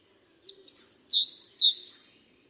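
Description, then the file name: European robin song: a brief high phrase of thin, sliding whistles and trills, on a quiet background. "Erithacus rubecula"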